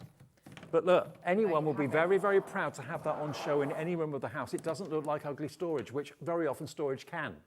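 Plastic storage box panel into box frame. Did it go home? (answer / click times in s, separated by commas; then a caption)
yes / 0.6 s. A panel of a plastic storage box with a rattan-look finish is fitted into the box frame and seats with a short, sharp snap at 0.6 s, preceded by a few faint taps. Someone then talks for the rest of the clip.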